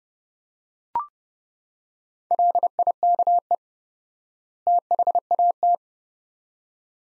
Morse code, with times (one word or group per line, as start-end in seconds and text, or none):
2.3-3.5 LIKE
4.7-5.7 THAT